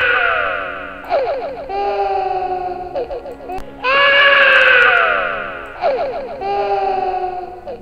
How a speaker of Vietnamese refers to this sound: Vừa nhai, cái tiếng cười vừa nãy vừa hết thì bây giờ lại là cái tiếng khóc òa lên.